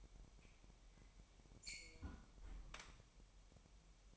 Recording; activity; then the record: daily activity, microphone in the room; close fridge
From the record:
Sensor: 1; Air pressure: 1002.0 hPa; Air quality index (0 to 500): 245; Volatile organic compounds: 51 ppm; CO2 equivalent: 3307 ppm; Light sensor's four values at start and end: 8/28/10/11 and 8/28/10/11